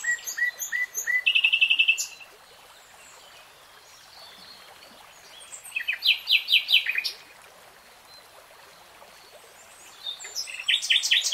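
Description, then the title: Nightingale song in three bursts: whistled notes and a rattling trill, a quick repeated series, then another rapid phrase after a pause. Nightingale singing in real time. "[Tiếng chim hót] 3 Hours REALTIME Nightingale Singing"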